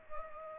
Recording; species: mosquito wingbeat signal from an infrared sensor; Culex pipiens